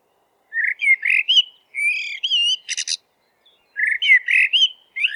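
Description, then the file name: Eurasian blackbird song, full mellow warbled phrases with a brief scratchy burst, then the melody resumes after a short gap. "merel zang"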